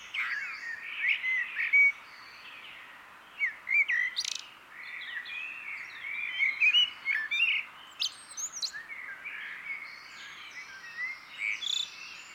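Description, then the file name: Common blackbird singing in several bursts of varied, twittering phrases mixed with sharp high chirps. "Turdus merula"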